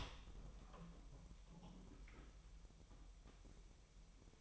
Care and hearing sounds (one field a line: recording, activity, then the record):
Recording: daily activity, microphone in the room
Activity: open door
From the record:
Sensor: 1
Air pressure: 1001.2 hPa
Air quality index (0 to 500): 249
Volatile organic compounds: 145 ppm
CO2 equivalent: 4002 ppm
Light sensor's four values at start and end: 12/29/12/13 and 12/30/12/13